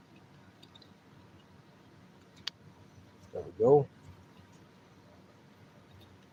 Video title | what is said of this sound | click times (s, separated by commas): Kawasaki FE290D Full Engine Rebuild — Live & Unedited | and you heard it just snap in want it to be in that Groove all the way around | 2.5 s